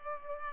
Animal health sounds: mosquito wingbeat signal from an infrared sensor; Culex pipiens

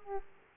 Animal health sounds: mosquito wingbeat signal from an infrared sensor; Aedes aegypti

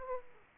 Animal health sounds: mosquito wingbeat signal from an infrared sensor; Aedes aegypti

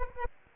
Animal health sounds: mosquito wingbeat signal from an infrared sensor; Anopheles arabiensis

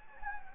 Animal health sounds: mosquito wingbeat signal from an infrared sensor; Anopheles gambiae

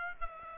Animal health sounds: mosquito wingbeat signal from an infrared sensor; Aedes aegypti

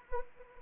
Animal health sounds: mosquito wingbeat signal from an infrared sensor; Anopheles arabiensis

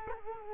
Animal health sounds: mosquito wingbeat signal from an infrared sensor; Culex quinquefasciatus

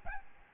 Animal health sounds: mosquito wingbeat signal from an infrared sensor; Aedes albopictus

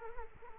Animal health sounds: mosquito wingbeat signal from an infrared sensor; Culex quinquefasciatus

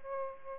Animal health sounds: mosquito wingbeat signal from an infrared sensor; Aedes aegypti

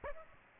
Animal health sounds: mosquito wingbeat signal from an infrared sensor; Aedes aegypti

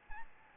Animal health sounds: mosquito wingbeat signal from an infrared sensor; Aedes albopictus

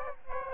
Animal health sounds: mosquito wingbeat signal from an infrared sensor; Aedes albopictus

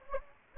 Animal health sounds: mosquito wingbeat signal from an infrared sensor; Anopheles gambiae

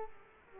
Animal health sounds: mosquito wingbeat signal from an infrared sensor; Culex quinquefasciatus

